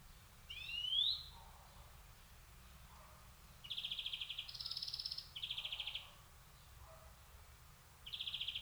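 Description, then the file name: European greenfinch calls: a rising wheeze, then a run of buzzy trills at two pitch levels, and another trill after a short pause. "Chloris chloris"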